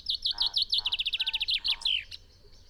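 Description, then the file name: Common chaffinch singing a phrase: quick repeated high notes speeding into a trill and closing with a twisting flourish. "Fringilla coelebs"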